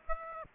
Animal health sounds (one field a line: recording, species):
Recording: mosquito wingbeat signal from an infrared sensor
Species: Aedes aegypti